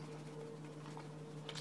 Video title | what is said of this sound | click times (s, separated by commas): Gary Fong Light sphere collapsible part 1 | get this light spear on right over the head, and this just pops right into place. | 1.5 s